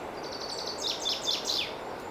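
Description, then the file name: Common chaffinch song: a quick string of thin high notes, then several emphatic falling notes in rapid succession, with steady background hiss. "Fringilla coelebs"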